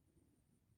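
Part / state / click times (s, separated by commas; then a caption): windshield wiper blade adapter onto the wiper arm J-hook / not seated / none. A windshield wiper blade's articulating adapter piece is lined up with the J-hook of the wiper arm on a Lexus LS430 and slid up toward it. Only low, soft handling noise is heard through the short clip, with no sharp transients. Nothing has seated or clicked yet.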